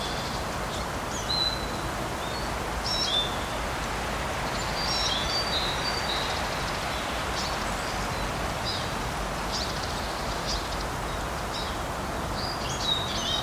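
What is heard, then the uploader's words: A forest soundscape with a steady, dense hiss of wind through leaves and soft rain, holding an even level throughout. Thin, high bird chirps and short calls come and go above it every second or two, with a low rumble underneath. Forest Soundscape from Kleinschwarzenlohe, Nuremberg. Field recording of Kleinschwarzenlohe Forest in Nuremberg, Germany. The weather was a bit windy with rustling leaves, and there was a soft rain. Recorded with Zoom F6, using Rode NT5 (+WS8) in ORTF configuration. Applied EQ to reduce wind and city noise.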